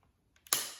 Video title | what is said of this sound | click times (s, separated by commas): పని మనిషా లేక vacuum cleaner ఆ ? #vaccumcleaner #floorcleaner #homecleaning #bissell #crosswave | ఇలా క్లిక్ అని సౌండ్ వచ్చిన తర్వాత లిఫ్ట్ చేస్తే వీల్స్ ఉన్నాయి కదా, సో ఇలా మీరు | 0.5 s